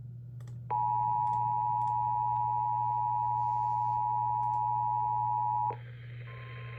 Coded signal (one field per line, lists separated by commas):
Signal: Emergency Alert System (SAME) tones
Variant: 853 and 960 Hz attention tone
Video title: EAS 1139-1143: Weekly Tests from 10/21/2020